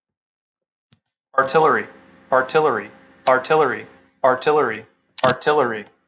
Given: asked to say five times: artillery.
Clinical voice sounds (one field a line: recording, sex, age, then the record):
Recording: repeated word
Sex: male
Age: 30 to 39 years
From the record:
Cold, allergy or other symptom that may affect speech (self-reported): no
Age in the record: 34 years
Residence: California, United States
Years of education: 18